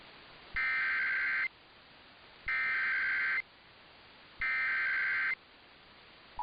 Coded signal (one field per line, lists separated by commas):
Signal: Emergency Alert System (SAME) tones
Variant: header bursts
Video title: THAT MOMENT WHEN YOU RUN OUT OF TITLE IDEAS... EAS Alerts from 3/5/25 (EAS #5,579 - 5,608)